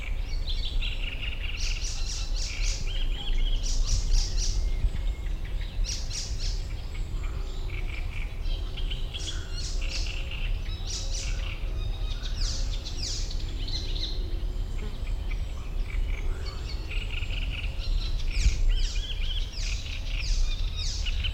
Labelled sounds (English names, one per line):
Icterine Warbler